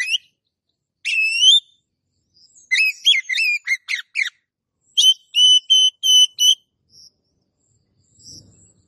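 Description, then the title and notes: Oriental magpie-robin song: a whistled note, tumbling rapid chirps, then a string of even repeated whistles, with faint low noise at the end. Long-duration kacer song used to train cage birds. "Master Kacer Durasi Panjang. Suara Masteran Burung Kacer Durasi Panjang"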